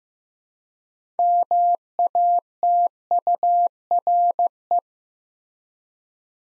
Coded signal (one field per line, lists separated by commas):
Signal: Morse code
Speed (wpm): 15 wpm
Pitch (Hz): 700 Hz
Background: none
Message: MATURE